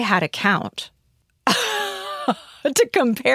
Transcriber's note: laughter